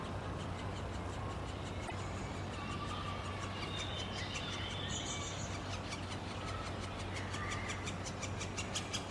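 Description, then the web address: Middle spotted woodpecker calls, a steady run of sharp repeated ticking notes through most, over a low background drone. Juvenile bird, Tivoli landscape park in Ljubljana, recorded 2 June 2022. "SREDNJI DETEL mladič 2022-06-02 LJUBLJANA Krajinski park Tivoli PICIFORMES Dendrocopos medius"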